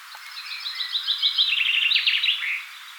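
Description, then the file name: Common chaffinch song: a single bright phrase of rapid repeated notes descending into a chattering terminal flourish. "Fringilla coelebs"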